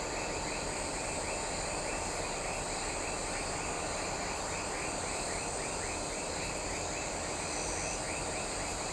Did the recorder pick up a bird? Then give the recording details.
no. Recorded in shrubland near Pivijay, Magdalena, Colombia, on 18 April 2023 at 19:00. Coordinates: 10.453, -74.365. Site P5-G022